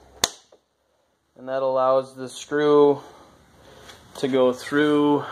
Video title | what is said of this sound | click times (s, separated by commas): 2013 - 2018 Polaris Ranger Full Size Sport Roof Installation | other one goes right here snaps into place and that | 0.2 s